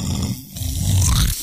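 A deep, rumbling snore from a man that starts low, drags out, and rises in pitch at the end, sounding almost as if two people were snoring.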